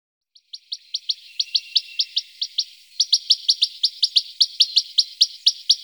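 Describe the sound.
Western rock nuthatch delivering a long series of loud, high repeated notes, then continuing louder after a brief pause.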